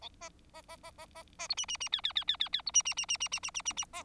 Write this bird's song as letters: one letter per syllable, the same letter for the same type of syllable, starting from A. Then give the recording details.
A B B B B B B B C D D D E E E E E E C D D D D D D D D D D B. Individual Bird4